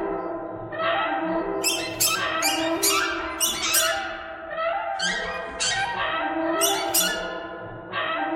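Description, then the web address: Bird squawks, grating and steady, with clusters of bright clicking bursts through much of the stretch. "soundfactory birds birds thread buzz"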